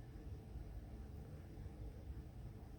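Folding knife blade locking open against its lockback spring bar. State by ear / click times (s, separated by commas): not seated / none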